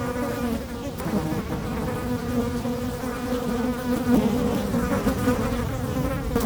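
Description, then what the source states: Fly: flies buzzing steadily, overlapping drones with wavering pitch throughout, over a low rumble of wind. Flies feeding on dung, close-up; Chemin de Lombardil, Fenouillet, France, near Blagnac airport; windy day; recorded with Sennheiser MKH8040 ORTF pair and SD MixPre6.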